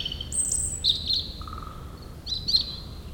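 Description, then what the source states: European robin song, high thin whistles and trills in short separated phrases, over a low background rumble. Singing in the huge Meerdaalbos forest at Oud-Heverlee, Belgium, with planes taking off.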